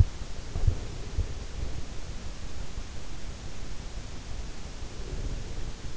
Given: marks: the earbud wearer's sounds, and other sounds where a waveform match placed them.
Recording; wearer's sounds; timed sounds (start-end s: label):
sounds in sleep by an in-ear microphone; breath
0.51-1.88 s: breath
4.86-5.97 s: breath